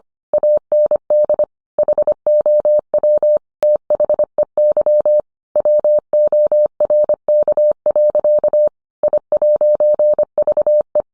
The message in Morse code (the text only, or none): AND HOW THEY WORK. I'VE